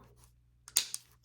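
After a new coin cell is fitted by hand with no tools, the plastic front half of a Honda remote key fob (10th-gen Accord, Civic, Pilot, CR-V) is pressed onto its back housing over a faint low hum. Sharp plastic snaps come at 0.7 s and 0.8 s, the second one loudest, followed by softer ticks near 0.9 s and 1.2 s. The case snaps shut and is seated.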